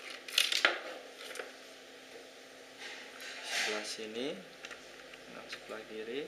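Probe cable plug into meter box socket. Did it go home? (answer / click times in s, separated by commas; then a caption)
no / none. A twist-lock probe cable plug is handled at the left-side socket of a meter box, with a cluster of sharp clicks and taps near 0.4 and 0.7 seconds, then softer handling taps around 4.7 and 5.1 seconds. Someone talks throughout. The clip ends before the plug goes home, so nothing has seated or locked yet.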